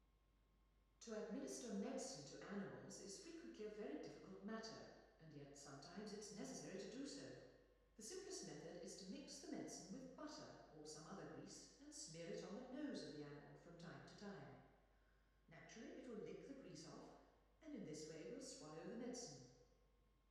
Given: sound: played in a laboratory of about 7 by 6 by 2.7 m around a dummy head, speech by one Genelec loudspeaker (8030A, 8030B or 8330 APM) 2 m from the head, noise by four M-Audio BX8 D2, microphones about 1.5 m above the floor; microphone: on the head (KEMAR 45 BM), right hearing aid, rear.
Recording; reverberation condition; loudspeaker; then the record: female speech in English; high; in front (0 degrees)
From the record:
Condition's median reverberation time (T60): about 1300 ms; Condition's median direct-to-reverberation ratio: about -4.0 dB